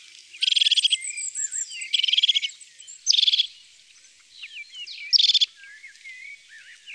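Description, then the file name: European crested tit, repeated short purring trills roughly every one to two seconds, with faint high twitters between them. "Mesange huppee ABC des chants doiseaux"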